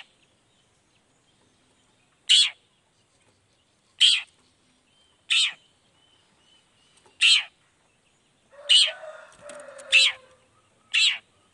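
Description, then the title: Long-tailed shrike giving spaced, harsh, down-slurred notes, then a faster cluster over a soft nasal warble. Long-tailed shrike singing in the morning with varied 'toet toet' notes, played to provoke other shrikes into responding quickly. "Cendet Gacor Dor Di Kala Pagi Toet Toet Variasi Suara. Cendet Gacor Langsung Nyaut Emosi Hanya dengan Sekali Putar Bikin Cendet Lainya Cepat Respon Bunyi"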